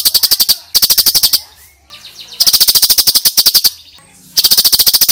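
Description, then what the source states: Sooty-headed bulbul chattering in fast, regular pulsed bursts, separated by quiet gaps with faint softer chirps. Female bird.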